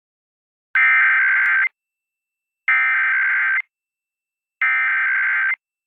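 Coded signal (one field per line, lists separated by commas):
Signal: Emergency Alert System (SAME) tones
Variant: header bursts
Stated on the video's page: Required monthly test on a 104.1 MHz FM broadcast station in Houston, 100 kW, recorded via stream.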